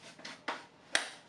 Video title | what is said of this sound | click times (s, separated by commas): Additional Safety checks for the Mini Micro 4in1 Mini 2 Grow Scooter - Micro Scooters UK | we need to make sure that this button here is clicked right into position | 1.0 s